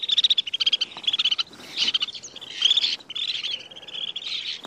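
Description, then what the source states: Snow Bunting calls: rapid twittering chirps and trills, one run after another. Recorded example; several different sounds.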